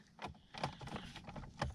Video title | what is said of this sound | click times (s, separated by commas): Не работают датчики температуры и топлива Пассат Б3. | И до характерного щелчка. | 1.6 s